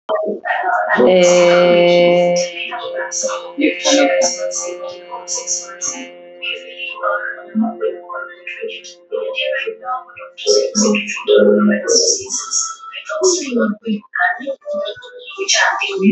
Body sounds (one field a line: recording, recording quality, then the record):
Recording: sustained vowel as in made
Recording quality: excellent, no background noise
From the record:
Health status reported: healthy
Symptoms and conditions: diabetes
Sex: female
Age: 40 years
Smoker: not ticked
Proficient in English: yes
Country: India